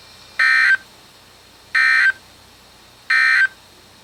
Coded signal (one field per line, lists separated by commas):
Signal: Emergency Alert System (SAME) tones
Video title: EAS #5-#9: SVRs in JANUARY? | KHB36